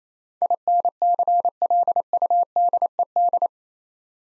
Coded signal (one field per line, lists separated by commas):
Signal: Morse code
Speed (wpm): 28 wpm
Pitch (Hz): 700 Hz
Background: none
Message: INCLUDED